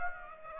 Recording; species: mosquito wingbeat signal from an infrared sensor; Aedes aegypti